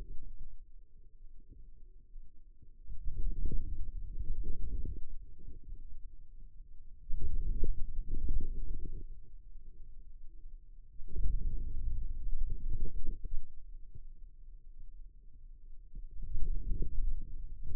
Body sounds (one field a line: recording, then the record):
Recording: forearm muscle sounds (acoustic myography)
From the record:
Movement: outward rotation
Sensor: system 2, bracelet of six BSWA MPA416 microphones around the upper forearm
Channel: 2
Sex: male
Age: 22 years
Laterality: right